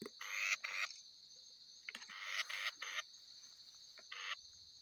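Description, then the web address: Forest batis making a few rough, rasping bursts in short groups separated by gaps, a steady thin high tone behind them. "Batis mixta. صدای-پرنده-سیه-رخ-جنگلی"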